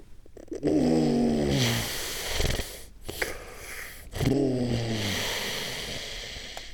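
Two loud, rattling snores about four seconds apart with noisy breathing between, typical of sleep apnea snoring in an adult sleeper.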